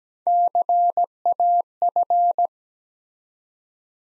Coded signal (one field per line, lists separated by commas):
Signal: Morse code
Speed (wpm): 17 wpm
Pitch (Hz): 700 Hz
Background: none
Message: CAF